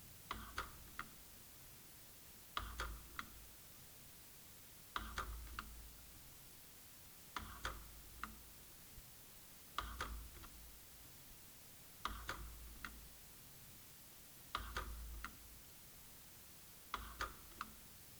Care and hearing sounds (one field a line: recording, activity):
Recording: daily activity, guitar pickup as the sensor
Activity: manipulate door